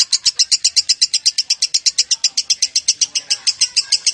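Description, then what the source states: Lovebird continuous chatter, a rapid, evenly paced series of shrill high chirps with no pauses. Chattering song style known as konslet.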